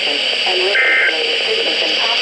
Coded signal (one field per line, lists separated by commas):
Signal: Emergency Alert System (SAME) tones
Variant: end-of-message bursts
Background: speech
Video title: NOAA - Tornado Watch #301 (EAS #702 - 703)